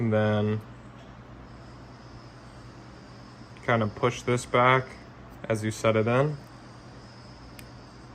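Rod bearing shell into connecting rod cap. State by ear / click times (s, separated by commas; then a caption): seated / 7.6 s. A new engine rod bearing shell for an E46 M3 is pushed back and set into the connecting rod cap while someone talks. A small, sharp click at 7.6 s marks its locating tab seating in the cap.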